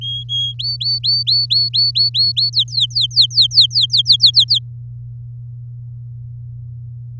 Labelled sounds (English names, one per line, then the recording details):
Domestic Canary song
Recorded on 7 May 2018 at 16:03
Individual llb16